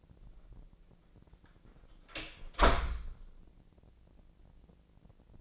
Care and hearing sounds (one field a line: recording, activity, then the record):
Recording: daily activity, microphone in the room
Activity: close door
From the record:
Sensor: 5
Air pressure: 1012.4 hPa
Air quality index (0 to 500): 161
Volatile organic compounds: 2 ppm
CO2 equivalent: 1094 ppm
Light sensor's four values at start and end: 220/532/223/246 and 214/517/217/238